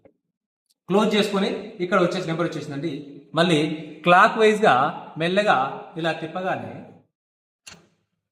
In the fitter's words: టక్కువ శబ్దం వచ్చింది ఇప్పుడు ఇది లాక్ అయింది